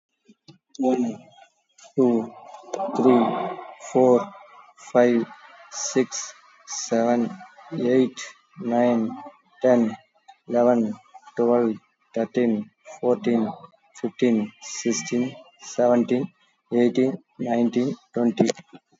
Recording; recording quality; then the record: counting at a normal pace; excellent, no background noise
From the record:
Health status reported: exposed to COVID-19, no respiratory illness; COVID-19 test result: negative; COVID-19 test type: RT-PCR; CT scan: taken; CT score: 2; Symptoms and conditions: cough, cold, diabetes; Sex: male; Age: 46 years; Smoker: no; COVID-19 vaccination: one dose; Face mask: worn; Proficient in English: yes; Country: India